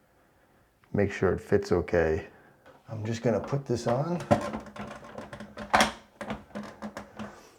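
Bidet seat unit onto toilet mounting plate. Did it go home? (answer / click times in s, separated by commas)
yes / 6.2 s, 7.0 s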